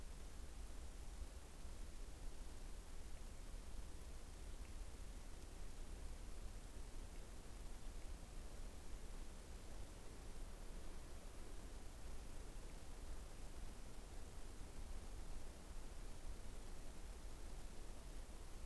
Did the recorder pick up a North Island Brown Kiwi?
no